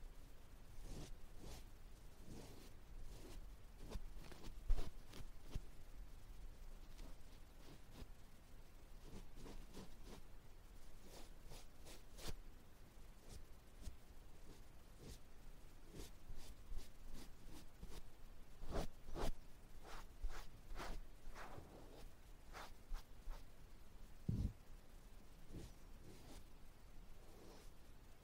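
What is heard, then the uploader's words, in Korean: Ear touching and brushing sounds, a steady stream of soft scratchy clicks and taps with frequent sharper crackles, over a low hum throughout. No talking 말없이 귀에 먼지 털어내기 ear touching sound.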